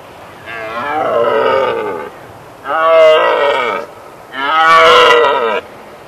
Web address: red deer